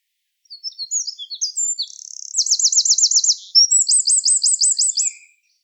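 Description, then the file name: Eurasian wren song: a loud, high, rapid burst of varied chirps and notes running into two fast rattling trills, lasting about five seconds, with no other sounds. "Troglodytes troglodytes"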